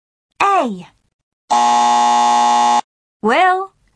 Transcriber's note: buzzer